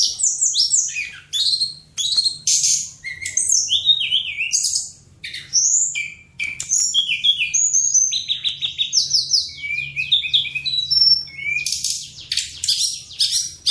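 Bird pouring out a fast, continuous song of high sweeping whistles, chips and buzzy notes, changing pattern constantly over the whole stretch.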